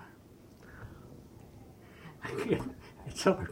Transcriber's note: gasps